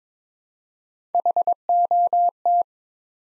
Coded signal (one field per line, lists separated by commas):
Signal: Morse code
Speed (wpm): 22 wpm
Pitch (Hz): 700 Hz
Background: none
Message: HOT